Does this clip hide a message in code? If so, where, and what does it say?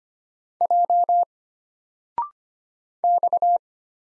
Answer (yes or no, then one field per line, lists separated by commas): yes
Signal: Morse code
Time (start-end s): 0.6-3.6 s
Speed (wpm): 25 wpm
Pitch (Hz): 700 Hz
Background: none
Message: J X